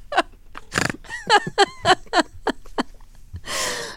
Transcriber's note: soundbite of laughter